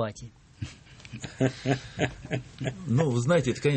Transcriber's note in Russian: все смеются